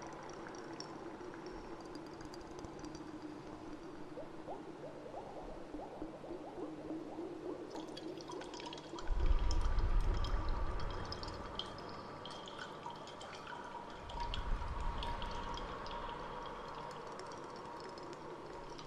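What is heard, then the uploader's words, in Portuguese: An underwater scene with a soft, sustained singing tone drifting over bubbling, dripping water sounds and an echoing, hollow air. Around nine seconds a deep surging rumble swells in, easing off, then another low wave rolls through near fourteen seconds. No fundo do mar com o canto da sereia, sons de água e eco.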